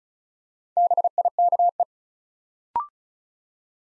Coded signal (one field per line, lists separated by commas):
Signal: Morse code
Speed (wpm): 36 wpm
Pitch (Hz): 700 Hz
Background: none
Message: BIKE